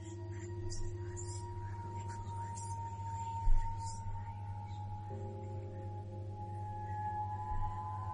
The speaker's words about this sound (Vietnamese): Vừa dứt lời thì bỗng nhiên ở bên ngoài vang lên tiếng rin rít.